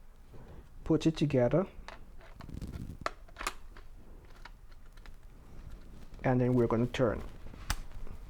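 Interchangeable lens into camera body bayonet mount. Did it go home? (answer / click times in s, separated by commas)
yes / 7.7 s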